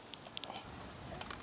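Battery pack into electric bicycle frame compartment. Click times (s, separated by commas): 0.4 s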